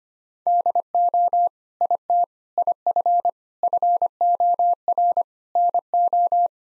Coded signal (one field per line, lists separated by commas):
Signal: Morse code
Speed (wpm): 25 wpm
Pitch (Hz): 700 Hz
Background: none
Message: DO IT IF FOR NO